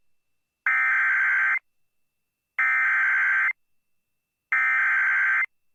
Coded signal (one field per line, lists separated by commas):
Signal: Emergency Alert System (SAME) tones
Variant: header bursts